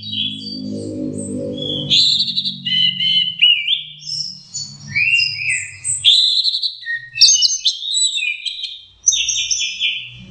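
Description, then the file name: Orange-headed thrush delivering varied whistled and warbled phrases, some descending, over a steady low hum early on that fades. Masteran (training) recording. "suara masteran anis merah"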